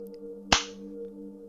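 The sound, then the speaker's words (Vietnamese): A single sharp, loud slap across the face cracks out once and fades quickly, set against a steady low humming drone with no voices. “Cao Cường tát cho Thụy một cái rồi hất hàm nói:”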